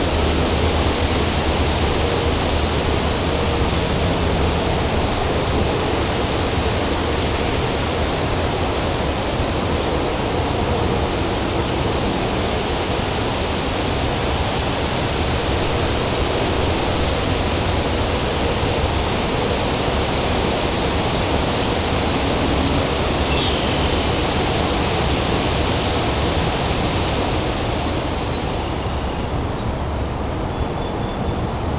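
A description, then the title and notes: Wind blows steadily outdoors on a brisk day, a dense, unbroken rush that fills everything from low rumble to bright hiss. Loudness barely shifts across the half minute, with only a slight easing of the highest hiss near the end. Windy Brisk Day.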